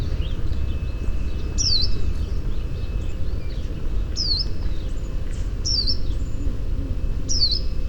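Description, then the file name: White-eye giving sweet high chirps that fall in pitch, four spaced a second or two apart, over steady low rumbling background noise. 22 May 2018, 08:51. "2018 05 22 08 51 56-White-eye"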